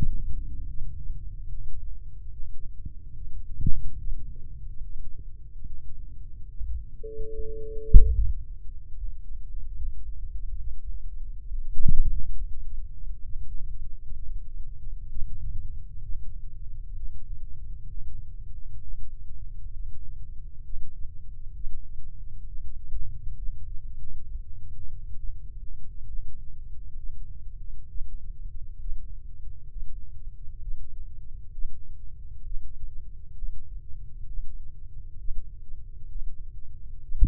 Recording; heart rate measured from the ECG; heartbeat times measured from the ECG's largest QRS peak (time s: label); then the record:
heart sounds by microphone in the left ear; 68 bpm
0.68 s: heartbeat
1.49 s: heartbeat
2.32 s: heartbeat
3.15 s: heartbeat
3.98 s: heartbeat
4.81 s: heartbeat
5.65 s: heartbeat
6.49 s: heartbeat
7.31 s: heartbeat
8.15 s: heartbeat
8.96 s: heartbeat
9.76 s: heartbeat
10.59 s: heartbeat
11.47 s: heartbeat
12.35 s: heartbeat
13.25 s: heartbeat
14.16 s: heartbeat
15.10 s: heartbeat
16.03 s: heartbeat
16.97 s: heartbeat
17.89 s: heartbeat
18.82 s: heartbeat
19.73 s: heartbeat
20.64 s: heartbeat
21.55 s: heartbeat
22.46 s: heartbeat
23.36 s: heartbeat
24.27 s: heartbeat
25.17 s: heartbeat
26.07 s: heartbeat
26.97 s: heartbeat
27.89 s: heartbeat
28.80 s: heartbeat
29.70 s: heartbeat
30.61 s: heartbeat
31.52 s: heartbeat
32.44 s: heartbeat
33.36 s: heartbeat
34.27 s: heartbeat
35.18 s: heartbeat
36.09 s: heartbeat
37.02 s: heartbeat
From the record:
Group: healthy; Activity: rest 0-9 s, breath hold 9-37 s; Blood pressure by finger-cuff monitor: 113/89 mmHg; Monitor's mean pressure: 98 mmHg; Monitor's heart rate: 67 bpm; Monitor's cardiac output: 3.1 L/min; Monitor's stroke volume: 46 mL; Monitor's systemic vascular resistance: 2300 dyn s/cm5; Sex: male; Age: 55 years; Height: 167 cm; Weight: 57.2 kg